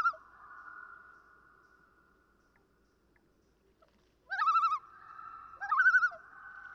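A tail of a loon note fades out, then after a pause the Common loon gives two quick quavering, laughing bursts with ringing drawn-out tones.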